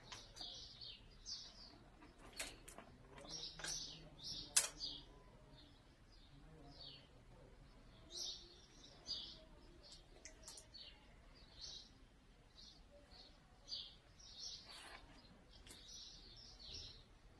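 Birds chirp and twitter throughout, with bright, quick calls repeating every second or so and clustering more densely in the first five seconds. Occasional sharp clicks and a few low murmuring tones sit beneath the birdsong, which thins to scattered calls later on.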